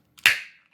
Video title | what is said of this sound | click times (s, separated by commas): Cadillac XLR Key Fob Battery Replacement (2004 - 2007) | hold the device loosely, and just twist until you hear it crack open. | 0.3 s